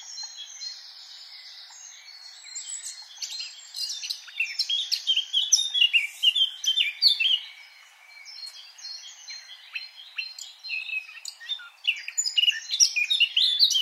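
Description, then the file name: Eurasian blackcap song, busy, scratchy warbling with whistled notes, with a short dip near eight seconds. "Sylvia atricapilla"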